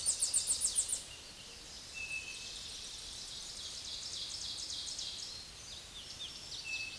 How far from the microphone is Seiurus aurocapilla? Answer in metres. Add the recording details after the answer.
about 35 m. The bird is about 5 m above the microphone. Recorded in a Pennsylvania forest on 16 May 2024 at 06:06. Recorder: AudioMoth, point MSD-0178. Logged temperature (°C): 15.3 °C. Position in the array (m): 80 m, 21 m